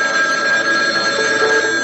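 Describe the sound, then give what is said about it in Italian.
A mobile phone rings with a steady, bright electronic tone, sustained and fairly loud throughout, with no voices. “Suona il cellulare.”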